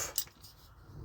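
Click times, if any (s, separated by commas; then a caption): 0.2 s. A folding multi-tool knife blade is opened until it locks into its open position, with one sharp click at 0.2 s. The blade is confirmed seated and locked open.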